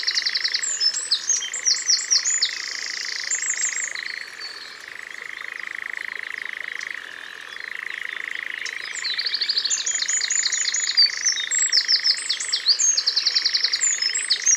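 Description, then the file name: Eurasian wren song: bursts of quick, piercing trills, a quieter pause mid-way, then more rattling trills, all over an unbroken steady buzz. Recorded in Ardèche. "Troglodyte-Mignon-Concerts-Naturels-De-l Ardeche"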